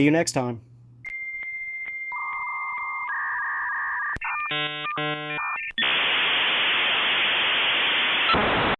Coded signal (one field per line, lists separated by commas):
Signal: dial-up modem handshake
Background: speech